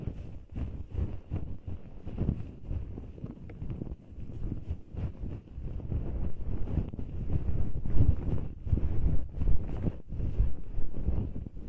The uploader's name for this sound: Removes fluffy earwax, numbs the ear without harshness, produces delicate sound